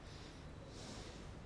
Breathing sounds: one breath in and out by a microphone near the nose and mouth; normal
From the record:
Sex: male

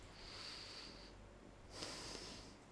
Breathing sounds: one breath in and out by a microphone near the nose and mouth; deep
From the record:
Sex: male

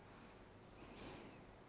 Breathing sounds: one breath in and out by a microphone near the nose and mouth; normal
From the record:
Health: marked as sick, illness not named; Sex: female

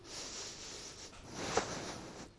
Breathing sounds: one breath in and out by a microphone near the nose and mouth; strong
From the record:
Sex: male

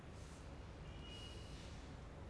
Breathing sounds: one breath in and out by a microphone near the nose and mouth; normal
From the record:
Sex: male

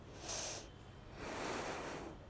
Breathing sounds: one breath in and out by a microphone near the nose and mouth; deep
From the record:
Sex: female

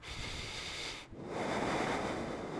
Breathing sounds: one breath in and out by a microphone near the nose and mouth; deep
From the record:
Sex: male

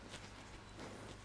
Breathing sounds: one breath in and out by a microphone near the nose and mouth; strong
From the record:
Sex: male

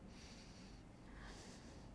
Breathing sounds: one breath in and out by a microphone near the nose and mouth; deep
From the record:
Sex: male

